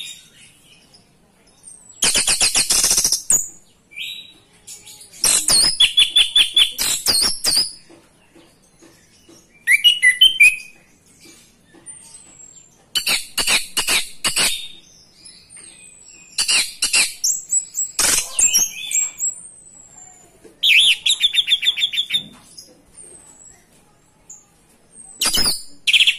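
An orange-headed thrush sings steadily in loud, bright bursts of about one to two seconds, each made of rapid rattling, buzzy notes, separated by short pauses roughly every few seconds. Thin high whistles slip in between phrases over a faint low hum.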